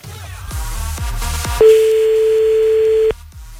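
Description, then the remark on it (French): A telephone ringback tone on an outgoing call made to ring someone back again: one steady, mid-pitched beep lasting about a second and a half, following a stretch of rhythmic low thumping pulses. “Attends, on le rappelle encore un coup, là.”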